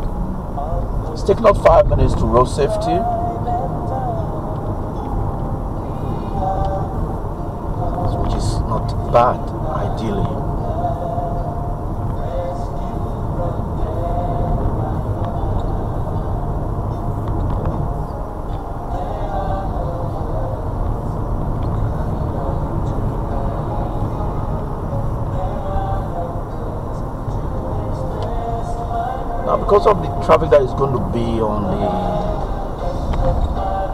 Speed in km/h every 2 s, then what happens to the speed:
60, 63, 64, 63, 63, 63, 63, 63, 64, 66, 66, 66, 64, 64, 64, 64, 63.
0-34 steady at about 64.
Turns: none.